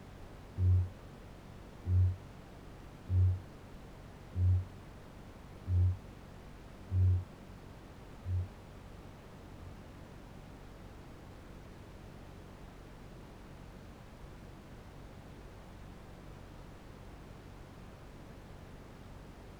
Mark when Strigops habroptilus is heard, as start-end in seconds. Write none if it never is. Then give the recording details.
0.00-7.56, 8.07-8.71. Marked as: faintness 2/5, faintness 3/5. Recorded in New Zealand. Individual Barnard